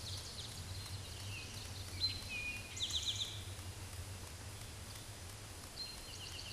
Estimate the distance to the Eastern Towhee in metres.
about 25 m